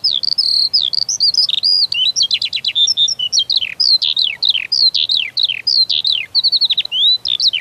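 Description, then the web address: Eurasian skylark song of high, clipped chirps and downslurred notes mixed with brief trills, delivered in a quick, varied, continuous flow. "Przyroda Ptaki Skowronek"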